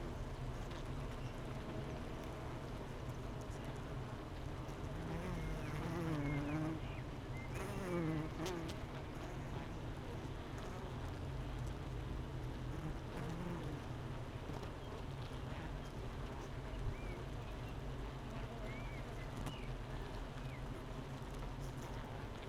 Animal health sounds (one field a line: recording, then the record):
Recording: honeybee colony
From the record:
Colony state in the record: missing queen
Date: 31 May 2018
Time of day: 8:42